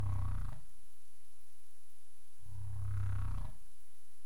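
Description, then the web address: Humpback whale calls: two low moaning units rich in harmonics, the second about two seconds after the first, with a faint steady high tone. Recorded 27 April 2035 at 21:53:31 UTC. "CARIMAM clean data humpback whale 20350427 215331 UTC"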